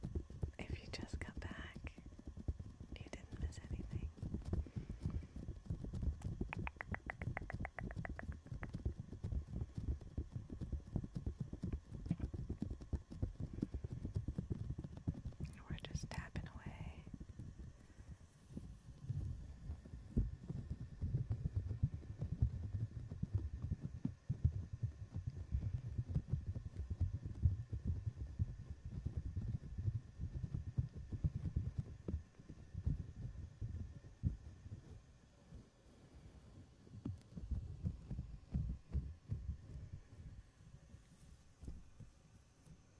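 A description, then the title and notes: Muffled rubbing and tapping on a microphone, dense low thumps and scratches throughout, with brief brighter squeaks early and around sixteen seconds. ASMR mic touching // fuzzy cover, foam cover, bare mic //.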